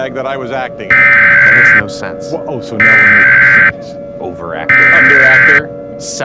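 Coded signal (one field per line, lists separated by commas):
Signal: Emergency Alert System (SAME) tones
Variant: header bursts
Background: speech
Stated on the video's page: Fictional EAS scenario with valid EAS tones.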